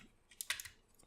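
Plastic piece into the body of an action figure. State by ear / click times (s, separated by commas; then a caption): seated / 0.4 s, 0.5 s. A plastic piece is pressed down and clicked into place on the body of a Transformers Masterpiece MP-43 Megatron (Beast Wars) action figure. A faint tap is followed by two sharp plastic clicks at 0.4 and 0.5 seconds, then a few softer ticks trailing off. The piece is seated.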